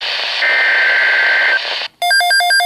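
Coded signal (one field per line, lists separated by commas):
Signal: Emergency Alert System (SAME) tones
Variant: header bursts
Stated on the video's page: Severe Thunderstorm Watch expansion alert received from a transmitter at Clearwater, Minnesota.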